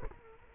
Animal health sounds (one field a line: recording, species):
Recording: mosquito wingbeat signal from an infrared sensor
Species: Culex quinquefasciatus